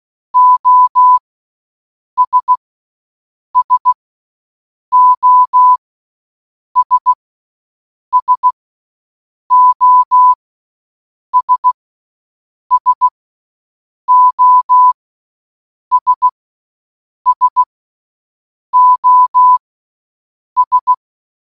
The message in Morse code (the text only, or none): OS SOS SOS SOS SOS